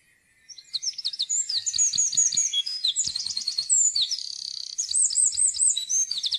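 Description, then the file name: Eurasian wren song, a loud, very high outpouring of rapid trills and tumbling warbled notes, running almost continuously after a brief quiet start. "gjerdesmett"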